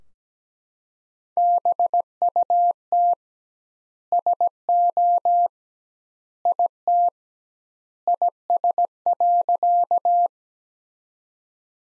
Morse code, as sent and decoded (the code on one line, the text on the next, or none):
-... ..- - / ... --- / .. - / .. ... .-.-.-
BUT SO IT IS.